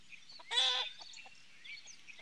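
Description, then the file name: Chicken giving one loud, harsh, rasping squawk amid a few soft clucks. Hens cackling. "priroda ptici kudahtane kurici"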